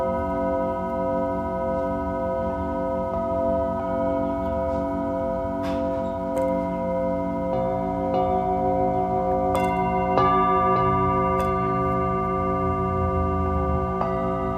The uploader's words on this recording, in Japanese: 深夜の シンギングボウルのサウンドヒーリング。チベタンシンギングボウルのサウンドヒーリングLiveアーカイブです。